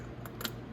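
A spark plug coil wire cap on a Venom X22R Max 250cc motorcycle is pushed down onto the new spark plug. Two sharp, short clicks are heard at 0.3 s and 0.5 s over a steady low hum. The cap is seated on the plug.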